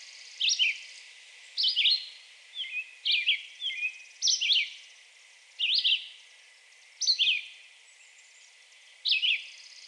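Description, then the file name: Red-eyed Vireo repeating brief slurred whistled phrases every second or so against quiet background noise. Recorded on 2 June 2020. "2020-06-02 Red-eyed Vireo"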